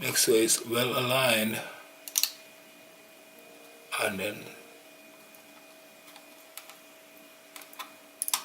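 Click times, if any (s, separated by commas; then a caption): 8.2 s. Someone talks while lining up a replacement LCD part in the body of a Nikon Coolpix L840 compact camera, with small clicks and taps around 2.1–2.2 s and 6.6–7.7 s. The part is then pressed in and snaps into place with a sharp click at 8.2 s, followed by quick clicks as it seats.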